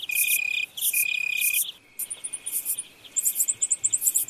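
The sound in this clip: Crickets chirping, bright pulsed chirps in quick groups alongside a steady high tone that breaks off and restarts.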